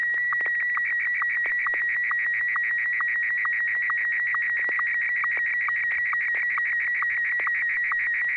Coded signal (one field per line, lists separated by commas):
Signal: SSTV (slow-scan television)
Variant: Martin 1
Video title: N6NA SSTV Net - 12/02/2020